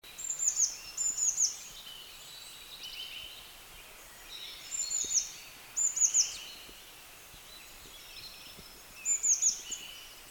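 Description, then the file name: Eurasian blue tit calling in short bursts of sharp, very high notes, some bursts paired, spaced a few seconds apart against constant noisy background. "Cyanistes caeruleus"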